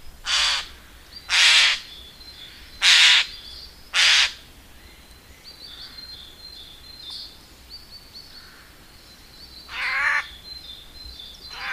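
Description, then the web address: Eurasian jay giving harsh, rasping screeches, four in quick succession about a second apart, then one more after a pause, over faint high bird twittering. "agykontroll Madardalok Cd 2. Szajkó"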